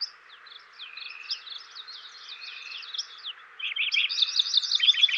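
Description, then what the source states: Lincoln's Sparrow song, a rapid bubbling series of high trills and buzzy notes, with a steady drone behind it. Western North America.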